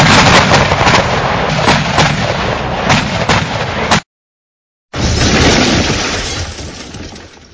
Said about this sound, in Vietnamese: Một tiếng nổ khác, một tiếng nổ khác nữa.